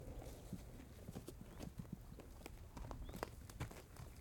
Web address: Systematic Sound - General Ambience Series - Rural Countryside. AMBFarm Ranch Horse Pasture Snorting Chewing Trotting